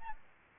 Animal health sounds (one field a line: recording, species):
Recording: mosquito wingbeat signal from an infrared sensor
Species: Aedes albopictus